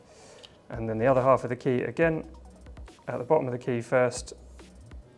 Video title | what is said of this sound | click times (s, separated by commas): Porsche Key Battery Change | until it snaps into place | 0.4 s